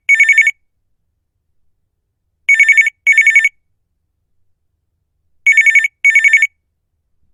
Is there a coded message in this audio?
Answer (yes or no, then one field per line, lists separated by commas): no